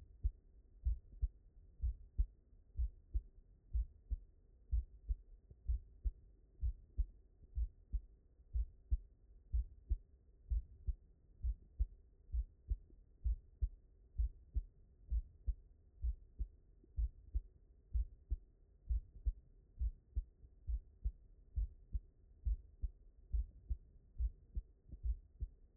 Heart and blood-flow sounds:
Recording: heart sounds by stethoscope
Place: mitral valve (MV)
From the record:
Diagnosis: non-HFrEF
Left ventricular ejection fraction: 58%

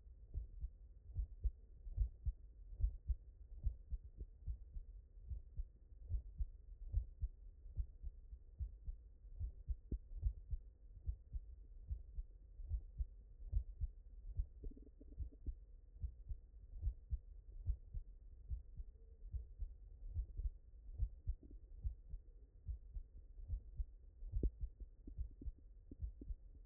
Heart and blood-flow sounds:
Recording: heart sounds by stethoscope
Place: mitral valve (MV)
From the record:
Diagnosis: HFrEF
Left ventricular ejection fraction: 30%

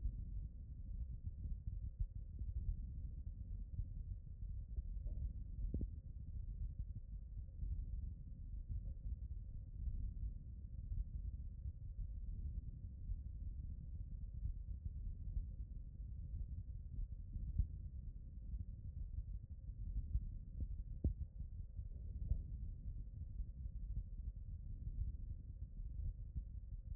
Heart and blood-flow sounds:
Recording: heart sounds by stethoscope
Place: aortic valve (AV)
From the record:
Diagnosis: non-HFrEF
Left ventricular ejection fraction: 46%

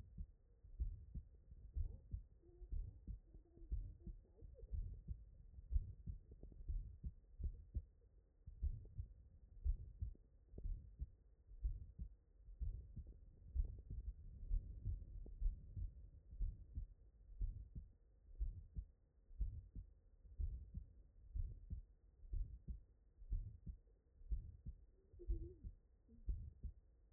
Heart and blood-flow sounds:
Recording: heart sounds by stethoscope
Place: tricuspid valve (TV)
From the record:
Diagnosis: non-HFrEF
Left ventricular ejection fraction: 62%

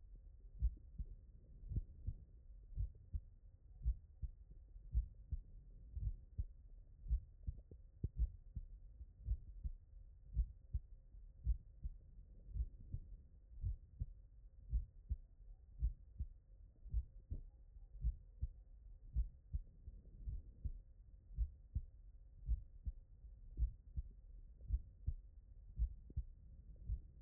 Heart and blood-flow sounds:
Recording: heart sounds by stethoscope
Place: tricuspid valve (TV)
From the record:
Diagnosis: non-HFrEF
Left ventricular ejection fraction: 60%

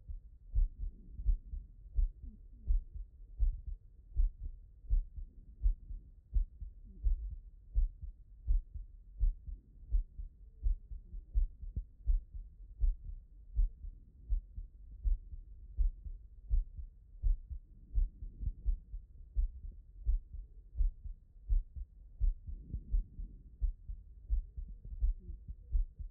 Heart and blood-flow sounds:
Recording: heart sounds by stethoscope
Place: tricuspid valve (TV)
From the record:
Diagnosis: HFrEF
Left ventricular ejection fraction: 40%

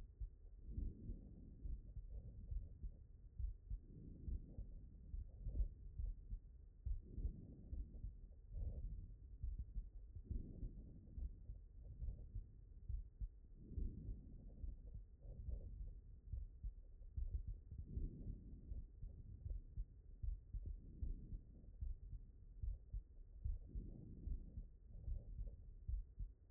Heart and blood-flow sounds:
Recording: heart sounds by stethoscope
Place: mitral valve (MV)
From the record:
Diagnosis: non-HFrEF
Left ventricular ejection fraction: 51%

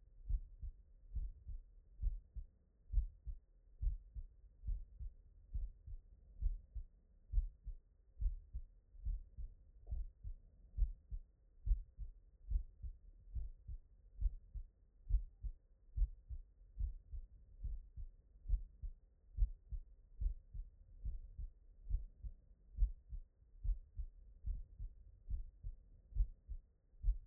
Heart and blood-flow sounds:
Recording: heart sounds by stethoscope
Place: tricuspid valve (TV)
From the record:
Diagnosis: non-HFrEF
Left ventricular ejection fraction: 55%

